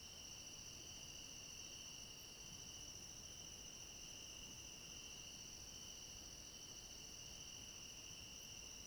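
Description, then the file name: Crickets sing together in a seamless high trill that never pauses, a bright steady drone with a second, higher tone above. Chorus of crickets at night. "Coro de grilos a noite com cachorro longe"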